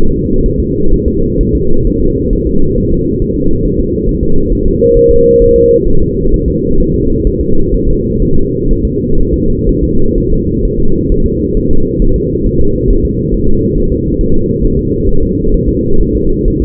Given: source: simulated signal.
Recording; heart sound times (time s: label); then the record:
fetal heart sounds
0.12 s: S2
0.46 s: S1
0.60 s: S2
0.93 s: S1
1.08 s: S2
1.41 s: S1
1.55 s: S2
1.87 s: S1
2.01 s: S2
2.33 s: S1
2.47 s: S2
2.78 s: S1
2.92 s: S2
3.22 s: S1
3.36 s: S2
3.65 s: S1
3.80 s: S2
4.09 s: S1
4.23 s: S2
4.53 s: S1
4.67 s: S2
4.97 s: S1
5.11 s: S2
5.42 s: S1
5.56 s: S2
5.88 s: S1
6.02 s: S2
6.34 s: S1
6.48 s: S2
6.80 s: S1
6.94 s: S2
7.27 s: S1
7.41 s: S2
7.74 s: S1
7.88 s: S2
8.22 s: S1
8.37 s: S2
8.71 s: S1
8.85 s: S2
9.20 s: S1
9.34 s: S2
9.69 s: S1
9.84 s: S2
10.18 s: S1
10.32 s: S2
10.65 s: S1
10.79 s: S2
11.12 s: S1
11.26 s: S2
11.57 s: S1
11.71 s: S2
12.02 s: S1
12.16 s: S2
12.46 s: S1
12.61 s: S2
12.91 s: S1
13.05 s: S2
13.34 s: S1
13.48 s: S2
13.78 s: S1
13.92 s: S2
14.21 s: S1
14.35 s: S2
14.65 s: S1
14.79 s: S2
15.09 s: S1
15.23 s: S2
15.54 s: S1
15.68 s: S2
16.01 s: S1
16.15 s: S2
16.48 s: S1
16.62 s: S2
From the record:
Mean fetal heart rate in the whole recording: 130 bpm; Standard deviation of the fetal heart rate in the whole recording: 4 bpm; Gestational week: 38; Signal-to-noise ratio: -19.1 dB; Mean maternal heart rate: 72 bpm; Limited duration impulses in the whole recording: present